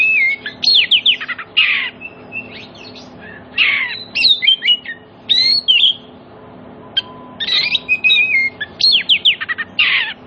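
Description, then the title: Oriental magpie-robin song of quick whistled and buzzy bursts, phrases separated by brief pauses, some notes sliding steeply downward; low constant hum underneath. Played as a lure so that silent magpie-robins answer and sing energetically (gacor) within about five minutes. "Cukup Hitungan Menit Kacer Lain Bisa Bunyi. CUKUP 5 Menit Kacer LAIN NYAUT JADI GACOR, PANCINGAN KACER MACET BUNYI"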